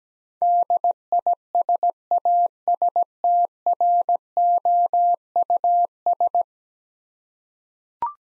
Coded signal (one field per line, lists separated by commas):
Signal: Morse code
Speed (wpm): 17 wpm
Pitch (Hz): 700 Hz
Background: none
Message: DISASTROUS